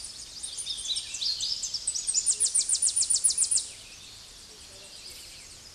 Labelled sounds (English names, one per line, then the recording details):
Hooded Warbler song
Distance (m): 20 m
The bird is about level with the microphone
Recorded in a Pennsylvania forest on 16 May 2024 at 08:17
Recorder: AudioMoth, point MSD-0407
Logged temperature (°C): 15.8 °C
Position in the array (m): 55 m, 173 m